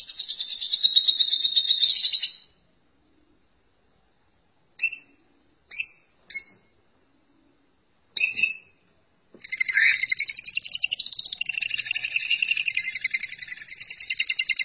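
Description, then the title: Lovebird chatter: a shrill rapid trill, then a pause, then several sharp separate chirps, and finally a long buzzy chattering run with rising and falling squeaky notes. "BM Suara Burung Lovebird"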